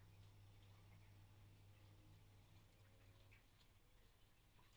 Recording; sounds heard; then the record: poultry house recording; sick chickens (respiratory disease)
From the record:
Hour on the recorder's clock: 9